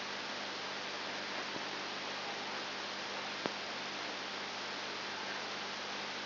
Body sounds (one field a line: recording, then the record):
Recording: brain microelectrode recording played as sound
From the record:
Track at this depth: outside the subthalamic nucleus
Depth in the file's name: 6.9 mm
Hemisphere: left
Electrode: 2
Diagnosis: Parkinson's disease